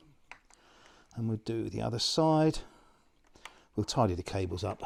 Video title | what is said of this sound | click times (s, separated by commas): I COMPLETE the build of the HPI 1/5 scale GAS Baja 5B (VID 14) | so I want them slightly up and they just simply push in and lock into place | 0.3 s